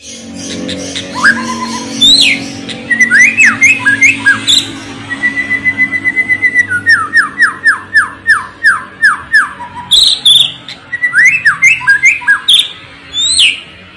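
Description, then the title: White-rumped shama song of varied whistles and harsh chips, including a quick run of evenly spaced descending notes. Lure recording of a strongly singing (gacor) shama, intended to make other shamas respond and sing immediately. "PANCINGAN MEWAH MURAI BATU GACOR, SEKALI DENGAR AMPUH LANGSUNG RESPON"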